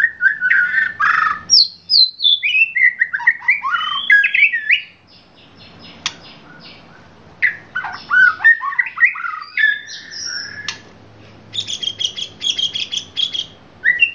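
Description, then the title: Oriental magpie-robin song: swooping whistled phrases and harsh squawky notes, a quieter gap, then renewed rapid chirps and buzzy trills. "Kicau Kacer"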